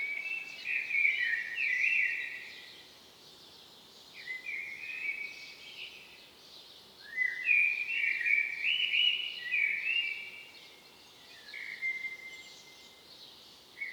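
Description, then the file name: Common blackbird singing several rich, fluted phrases separated by short pauses. "Turdus merula"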